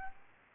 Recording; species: mosquito wingbeat signal from an infrared sensor; Aedes albopictus